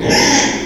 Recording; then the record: squeal of a Yucatan mini pig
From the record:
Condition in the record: before surgery on the right vocal fold (resection and tissue-engineered implant); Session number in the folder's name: 1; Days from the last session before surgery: -3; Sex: male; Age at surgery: 12 weeks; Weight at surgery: 13 kg